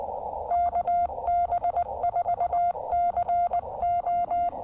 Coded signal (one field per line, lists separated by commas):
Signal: Morse code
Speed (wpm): 19 wpm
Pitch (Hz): 690 Hz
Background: none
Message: KB4CO